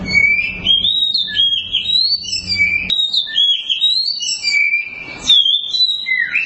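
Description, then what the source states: Oriental magpie-robin singing continuously, a rich stream of varied whistles and rising and falling notes, with faint low background noise. Long-duration song.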